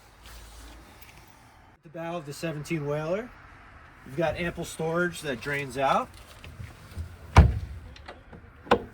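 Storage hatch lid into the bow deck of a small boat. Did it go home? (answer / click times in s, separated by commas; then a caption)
yes / 8.7 s. Someone talks about the bow storage of a 2024 Boston Whaler 170 Montauk, a fiberglass boat whose bow storage drains out. The storage hatch lid is lowered and pressed shut into the bow deck, with a loud knock at 7.4 s and a few small bumps. It latches shut with a sharp final clunk at 8.7 s.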